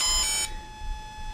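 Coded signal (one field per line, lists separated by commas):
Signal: beep code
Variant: ESC motor beep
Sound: two quick buzzy tones of different pitch, then a steady electronic beep that runs on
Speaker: what you just heard there that dd that sound that means that what you've set into it has been programmed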